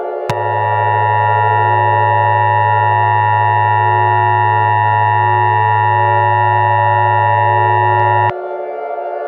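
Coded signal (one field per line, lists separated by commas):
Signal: Emergency Alert System (SAME) tones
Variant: 853 and 960 Hz attention tone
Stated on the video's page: Mock EAS alert.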